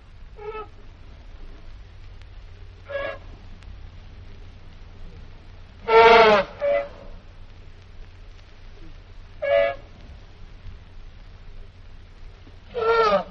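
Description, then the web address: Elephant trumpeting: repeated short, rasping, brassy blasts, with a louder doubled blast in the middle, over a low steady hum. "zvukt kogato slont trbi"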